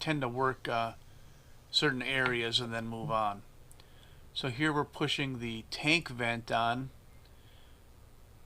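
A fuel tank vent is pushed and lined up onto its fitting on a Husqvarna 562XP chainsaw during a fuel tank swap, while someone talks. Two faint ticks sound around 3.7 and 3.8 s in a pause between the talking. The vent has not yet snapped or clicked into place.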